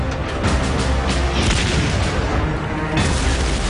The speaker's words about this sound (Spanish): Nos tanteaban con disparos de artillería.